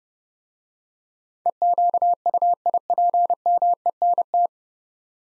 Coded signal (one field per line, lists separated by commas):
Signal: Morse code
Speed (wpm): 30 wpm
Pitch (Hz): 700 Hz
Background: none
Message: EQUIPMENT